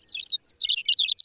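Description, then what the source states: Thick-billed Longspur giving short bursts of high, tinkling warbled notes separated by a brief pause. Shortgrass prairie on the high plains; burbling song.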